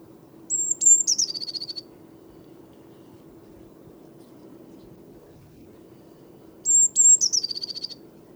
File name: Cyanistes caeruleus